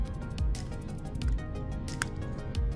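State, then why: Seated. A flex cable connector is pressed onto its board-to-board socket on the logic board of a Samsung Galaxy Note 20 Ultra during a screen replacement. Over steady music, soft handling sounds lead to a sharp click at 2.0 s. The connector is confirmed seated.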